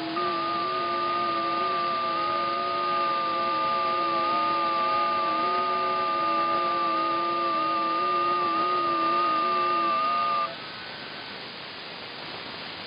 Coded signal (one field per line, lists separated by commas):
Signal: FT8